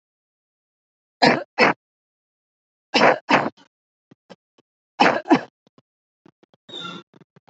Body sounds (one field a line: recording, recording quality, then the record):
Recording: shallow voluntary cough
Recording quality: excellent, no background noise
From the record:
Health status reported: healthy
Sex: female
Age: 23 years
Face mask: not worn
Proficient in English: yes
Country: India